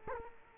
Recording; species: mosquito wingbeat signal from an infrared sensor; Culex quinquefasciatus